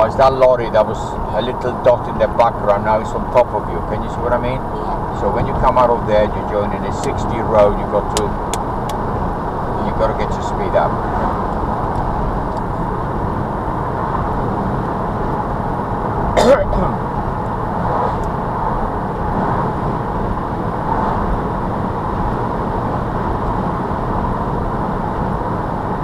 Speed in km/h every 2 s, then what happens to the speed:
63, 63, 66, 68, 69, 72, 77, 79, 79, 79, 77, 81, 82.
0-13 speeds up to 79. 13-20 steady at about 79.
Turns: none.